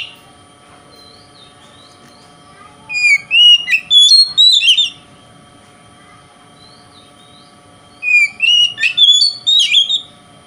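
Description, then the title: Oriental magpie-robin giving two bursts of whistled, slurred song notes a few seconds apart, separated by quiet stretches with a faint steady hum. Kacer singing in the konslet style, said to provoke other kacer. "Kacer Konslet Bikin Kacer Lain"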